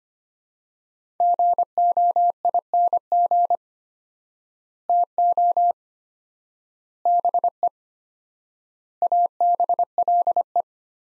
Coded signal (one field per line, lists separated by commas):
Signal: Morse code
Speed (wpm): 25 wpm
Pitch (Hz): 700 Hz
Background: none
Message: GOING TO BE ABLE